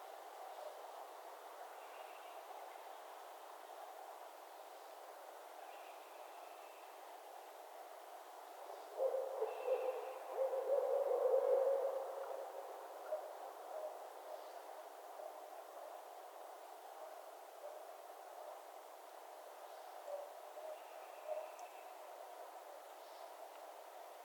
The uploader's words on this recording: Barred Owl Mating Season in Northern Michigan. This recording has a fair bit of noise pollution in the form of traffic and the occasional aircraft. I was a couple of miles away from where I wanted to record but heard the owls starting their calls so wanted to record them.